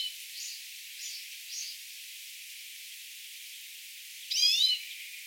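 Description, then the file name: European greenfinch, a few soft chirps followed by a single loud wavering nasal wheeze near the end. "Chloris chloris"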